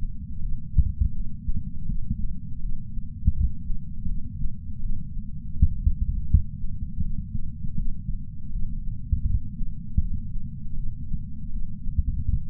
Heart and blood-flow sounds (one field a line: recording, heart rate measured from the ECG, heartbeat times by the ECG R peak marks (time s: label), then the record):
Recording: heart sounds by patch sensor on the chest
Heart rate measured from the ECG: 81 bpm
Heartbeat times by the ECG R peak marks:
0.41 s: heartbeat
1.14 s: heartbeat
1.88 s: heartbeat
2.61 s: heartbeat
3.35 s: heartbeat
4.07 s: heartbeat
4.81 s: heartbeat
5.55 s: heartbeat
6.28 s: heartbeat
7.03 s: heartbeat
7.77 s: heartbeat
8.51 s: heartbeat
9.26 s: heartbeat
10.00 s: heartbeat
10.76 s: heartbeat
11.52 s: heartbeat
12.27 s: heartbeat
From the record:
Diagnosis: coronary artery disease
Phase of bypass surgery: preoperative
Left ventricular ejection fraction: 51.7%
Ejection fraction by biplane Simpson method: 50.1%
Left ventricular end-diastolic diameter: 56 mm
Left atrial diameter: 44 mm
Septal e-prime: 6.6 cm/s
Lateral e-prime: 7.4 cm/s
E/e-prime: 12.8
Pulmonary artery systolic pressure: 46 mmHg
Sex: female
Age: 69 years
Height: 155 cm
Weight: 70 kg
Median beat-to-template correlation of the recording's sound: 0.76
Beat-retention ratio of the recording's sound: 0.97